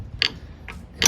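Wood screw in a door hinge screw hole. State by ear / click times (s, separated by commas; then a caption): stripped / none. A wood screw is turned into a stripped-out door hinge screw hole in wood, and it just spins without gripping. Three short, sharp ratchety ticks sound at about 0.2, 0.7 and 1.1 seconds over a low background rumble. Nothing has seated or clicked into place yet; the screw stays loose in the stripped hole.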